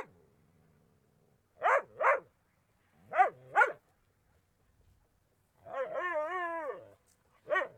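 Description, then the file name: Small dog yapping in two quick pairs of high barks, then a drawn-out wavering whine-like howl, and one more sharp bark at the end. "Dog Small Barking"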